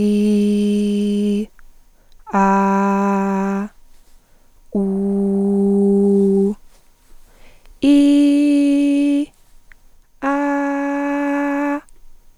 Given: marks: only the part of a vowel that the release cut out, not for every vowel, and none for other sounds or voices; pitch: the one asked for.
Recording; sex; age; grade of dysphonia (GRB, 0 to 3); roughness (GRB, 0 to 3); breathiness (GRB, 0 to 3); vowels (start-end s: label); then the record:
sustained vowels; female; 30 to 39 years; 1; 1; 0
0.00-1.38 s: vowel /i/, normal pitch
2.38-3.58 s: vowel /a/, normal pitch
4.83-6.07 s: vowel /u/, normal pitch
7.88-9.17 s: vowel /i/, high pitch
10.36-11.73 s: vowel /a/, high pitch
From the record:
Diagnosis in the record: hyperfunctional dysphonia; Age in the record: 31 years